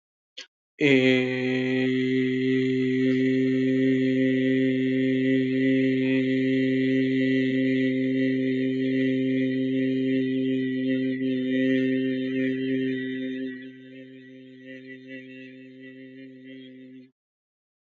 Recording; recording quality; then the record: sustained vowel as in made; excellent, no background noise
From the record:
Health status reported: healthy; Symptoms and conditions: none ticked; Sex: male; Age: 22 years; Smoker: not ticked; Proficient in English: yes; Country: India